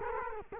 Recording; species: mosquito wingbeat signal from an infrared sensor; Culex quinquefasciatus